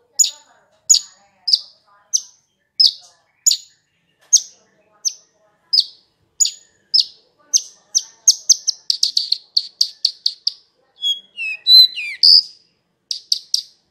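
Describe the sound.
Horsfield's bush lark song: sharp, high descending chips repeated at a steady pace, then speeding into a rapid chattering run and a brief tumbling flourish.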